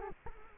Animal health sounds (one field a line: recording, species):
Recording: mosquito wingbeat signal from an infrared sensor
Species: Culex quinquefasciatus